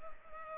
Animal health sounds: mosquito wingbeat signal from an infrared sensor; Culex pipiens

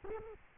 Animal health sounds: mosquito wingbeat signal from an infrared sensor; Culex quinquefasciatus

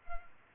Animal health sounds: mosquito wingbeat signal from an infrared sensor; Culex pipiens

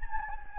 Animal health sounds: mosquito wingbeat signal from an infrared sensor; Anopheles gambiae

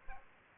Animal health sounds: mosquito wingbeat signal from an infrared sensor; Aedes aegypti

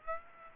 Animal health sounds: mosquito wingbeat signal from an infrared sensor; Aedes aegypti

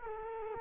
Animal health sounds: mosquito wingbeat signal from an infrared sensor; Culex quinquefasciatus

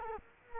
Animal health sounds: mosquito wingbeat signal from an infrared sensor; Culex quinquefasciatus

